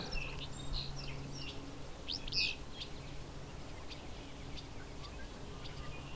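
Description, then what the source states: Barn swallows twittering: scattered quick high chirps and short bursts throughout, with one louder cluster, over a low steady hum. Some barn swallows flying past, in a meadow sanctuary just east of Hamilton, Ontario, Canada, on 31 May 2020.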